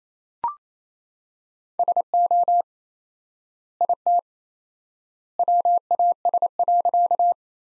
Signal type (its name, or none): Morse code